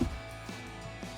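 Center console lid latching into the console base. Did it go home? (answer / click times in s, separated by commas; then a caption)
no / none. A new black RedRock leather-covered plastic center console lid on a 2007-2013 Silverado is handled as it is tested against the console base. There is a soft low bump at the start, then faint light knocks around 0.5 s and 1.0 s over a steady low hum. Nothing has seated or clicked yet.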